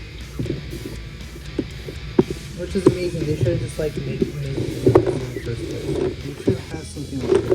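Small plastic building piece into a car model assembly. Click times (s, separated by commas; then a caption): 2.2 s. A small plastic Lego Technic building piece is slid all the way into a Lego Audi RS Q e-tron car model assembly until it clicks into place. A single sharp click is heard at 2.2 s over quiet background music, and someone talks. The piece seats.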